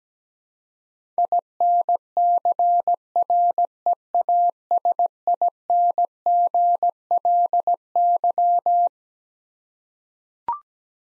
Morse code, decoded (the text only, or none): INCREASINGLY